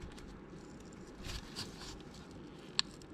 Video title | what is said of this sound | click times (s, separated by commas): How to Replace Oil Pressure Switch 2002-2008 Dodge Ram 1500 | you'll hear and feel it snap into place and you're all set | 2.8 s